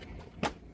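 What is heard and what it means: One side of a tinted ZX6R motorcycle windshield, which had not been clicking in, is pushed again into the front fairing. A loud, sharp snap at 0.5 s marks it seating into place, against a low background rumble.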